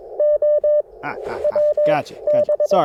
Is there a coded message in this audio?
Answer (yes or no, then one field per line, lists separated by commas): yes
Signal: Morse code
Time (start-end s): 0.2-2.8 s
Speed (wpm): 22 wpm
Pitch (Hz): 590 Hz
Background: speech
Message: O W B